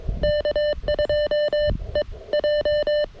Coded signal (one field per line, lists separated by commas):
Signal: Morse code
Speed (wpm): 22 wpm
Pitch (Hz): 600 Hz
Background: none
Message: K2EJ